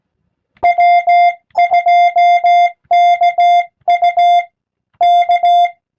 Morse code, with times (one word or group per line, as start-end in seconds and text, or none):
0.6-4.4 W2KU
5.0-5.7 K